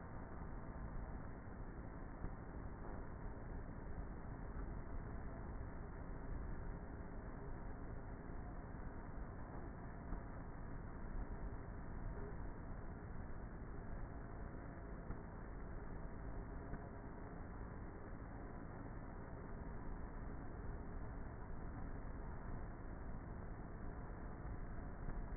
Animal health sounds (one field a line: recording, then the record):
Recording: honeybee colony, microphone inside the hive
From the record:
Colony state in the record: queenless with a low population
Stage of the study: before two queens were removed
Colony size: about 30,000 bees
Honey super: no